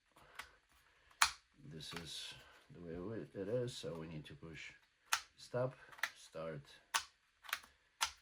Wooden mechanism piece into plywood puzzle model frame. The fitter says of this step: Wait here until it clicks.